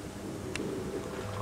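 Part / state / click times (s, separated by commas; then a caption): minivan power sliding door into its body latch / not seated / none. An Uplander minivan's power sliding door, with its rear roller just repaired and fuse reinstalled, runs closed toward its body latch under motor power. A steady low hum and rumble continues throughout, broken by a brief sharp tick at about 0.6 s. The door has not yet latched or seated by the end of the clip.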